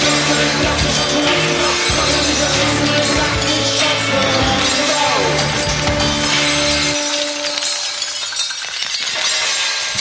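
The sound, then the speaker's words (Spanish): Glass shatters and crashes repeatedly in a loud, dense wash of sound with sustained tones underneath; the low end drops away after about seven seconds, leaving brighter clinking debris. “Ya como se rompen los cristales, ahí había movida.”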